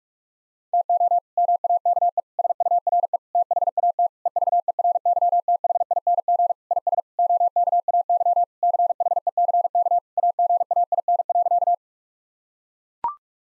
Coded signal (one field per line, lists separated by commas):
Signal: Morse code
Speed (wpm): 42 wpm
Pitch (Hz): 700 Hz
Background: none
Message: TO MAKE SURE THAT EVERYTHING IS OKAY CHECK AGAIN.